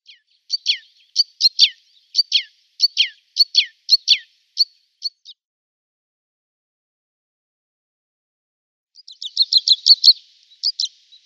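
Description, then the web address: Common crossbill calls: a series of sharp, downward-slurred high chips, then after a silence a quick chattering cluster of notes. "Schulze Peter Common Crossbill calls"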